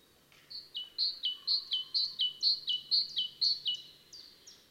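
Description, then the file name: Great tit singing a fast, even run of ringing two-note phrases, each high note dropping to a lower one, with quiet background noise. "Parus major"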